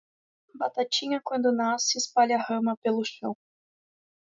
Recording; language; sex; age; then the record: short text; Brazilian Portuguese; female; 20 to 29 years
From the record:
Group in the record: control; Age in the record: 20 years